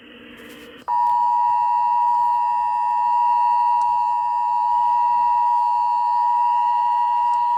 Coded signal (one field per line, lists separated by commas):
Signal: Emergency Alert System (SAME) tones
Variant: 853 and 960 Hz attention tone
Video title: Emergency Alert System Severe Thunderstorm Warning with Magnetic Letters